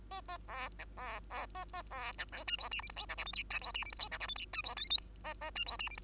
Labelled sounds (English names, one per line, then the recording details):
Bengalese Finch song
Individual Bird2